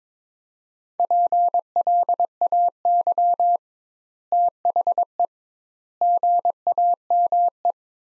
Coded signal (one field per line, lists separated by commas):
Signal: Morse code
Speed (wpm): 22 wpm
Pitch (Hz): 700 Hz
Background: none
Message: PLAY THE GAME